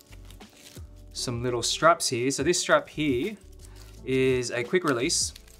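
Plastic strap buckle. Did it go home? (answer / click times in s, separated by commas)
no / none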